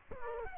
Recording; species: mosquito wingbeat signal from an infrared sensor; Culex quinquefasciatus